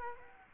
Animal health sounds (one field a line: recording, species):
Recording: mosquito wingbeat signal from an infrared sensor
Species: Culex quinquefasciatus